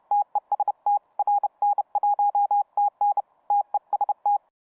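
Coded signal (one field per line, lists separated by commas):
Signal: Morse code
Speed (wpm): 19 wpm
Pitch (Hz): 800 Hz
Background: radio noise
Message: TEST RN1TN TEST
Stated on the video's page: Telegraph sound effect, free royalty-free compilation of Morse code telegraph-sending sounds.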